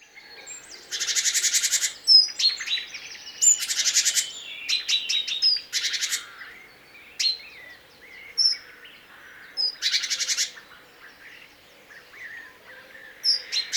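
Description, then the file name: Great tit giving rasping churr calls in several short bursts, mixed with sharp chips and thin high notes. "Parus major"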